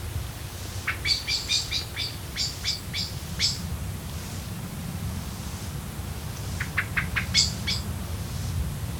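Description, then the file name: Common blackbird giving quick runs of thin, sharp call notes in two bursts, over a steady low rumble. "Turdus merula"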